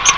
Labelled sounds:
Black-throated Gray Warbler (Setophaga nigrescens) flight call

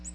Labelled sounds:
Ovenbird (Seiurus aurocapilla) flight call

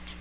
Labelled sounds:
Magnolia Warbler (Setophaga magnolia) flight call

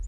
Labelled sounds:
Townsend's Warbler (Setophaga townsendi) flight call

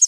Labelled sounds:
Prairie Warbler (Setophaga discolor) flight call

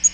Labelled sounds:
Black-throated Green Warbler (Setophaga virens) flight call

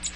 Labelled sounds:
American Redstart (Setophaga ruticilla) flight call

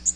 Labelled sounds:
Magnolia Warbler (Setophaga magnolia) flight call

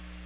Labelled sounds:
Chestnut-sided Warbler (Setophaga pensylvanica) flight call

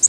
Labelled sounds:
Nashville Warbler (Leiothlypis ruficapilla) flight call

